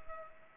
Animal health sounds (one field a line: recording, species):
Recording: mosquito wingbeat signal from an infrared sensor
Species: Culex pipiens